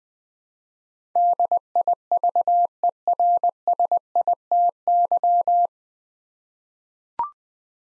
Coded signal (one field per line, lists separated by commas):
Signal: Morse code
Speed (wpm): 21 wpm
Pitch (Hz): 700 Hz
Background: none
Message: DIVERSITY